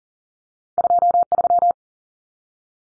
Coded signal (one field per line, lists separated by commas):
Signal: Morse code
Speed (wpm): 40 wpm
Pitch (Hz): 700 Hz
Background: none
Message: 23